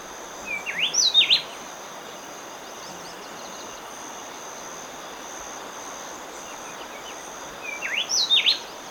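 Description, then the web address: Speckle-breasted wren singing a rapid phrase of steeply rising and falling whistles, repeated once after a long pause, with a constant high hum behind. Recorded in Ecuador. "S America Birds of Ecuador. Speckle-breasted Wren"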